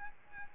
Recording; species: mosquito wingbeat signal from an infrared sensor; Aedes albopictus